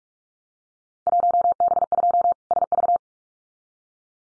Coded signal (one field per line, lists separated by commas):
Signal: Morse code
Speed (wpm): 44 wpm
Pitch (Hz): 700 Hz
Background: none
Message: 1B2 SV